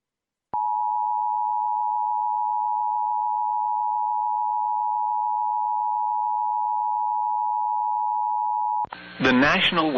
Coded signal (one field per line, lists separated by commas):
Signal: Emergency Alert System (SAME) tones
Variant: 853 and 960 Hz attention tone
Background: speech